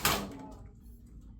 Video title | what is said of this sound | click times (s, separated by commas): BrownieRogue Fitting For A New Wheelchair | it'll just click right in so once you so like I said mine's not the best here but | 0.0 s